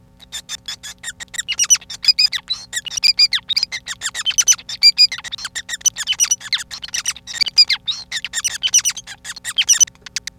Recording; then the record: song of a male Bengalese finch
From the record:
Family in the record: son of father 5